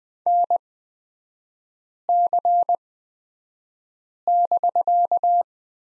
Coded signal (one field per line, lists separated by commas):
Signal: Morse code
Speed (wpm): 20 wpm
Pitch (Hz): 700 Hz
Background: none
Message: NC<BK>